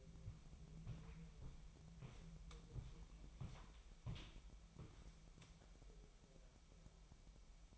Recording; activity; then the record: daily activity, microphone in the room; walk to room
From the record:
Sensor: 1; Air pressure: 1002.0 hPa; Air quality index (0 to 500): 247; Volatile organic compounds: 51 ppm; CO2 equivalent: 3316 ppm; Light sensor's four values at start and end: 7/16/6/7 and 6/15/6/7